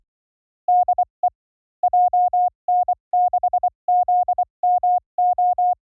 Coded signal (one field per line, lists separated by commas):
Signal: Morse code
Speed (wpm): 24 wpm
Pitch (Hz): 780 Hz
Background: none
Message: DE JN6ZMO